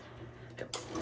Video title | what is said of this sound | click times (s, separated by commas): 1954 Royal HH, repainted - Typewriter Tutorial | You just pull it forward and you heard it click. | 0.7 s